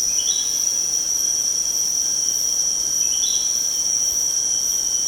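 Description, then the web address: Spectacled bulbul giving two quick rising chirps roughly three seconds apart, set against constant shrill insect buzzing. Recorded 1 May 2007. "PJGNGLUMUT. spectacled bulbul"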